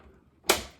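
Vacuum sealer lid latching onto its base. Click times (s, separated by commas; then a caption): 0.5 s. A vacuum sealer lid is pressed down onto its base, with a plastic bag placed curl side down against the stops, until a side latch clicks. After a quiet lead-in, one sharp, bright click lands at 0.5 s and fades quickly. The latch on that side is clicked shut and seated.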